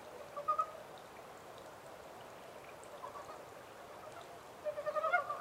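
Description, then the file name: Frog calls: a short burst of rapid, clucking pulses near the start and a longer pulsed run at the end, with a soft hiss between. Recorded 14 April 2010 at 03:17. "yamaakagaeru-20100414-0317"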